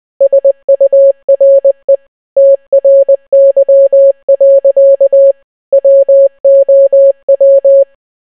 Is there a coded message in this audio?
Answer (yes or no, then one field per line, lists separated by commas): yes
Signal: Morse code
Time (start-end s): 0.2-7.8 s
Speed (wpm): 20 wpm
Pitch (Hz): 550 Hz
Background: none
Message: SURE TRY. WOW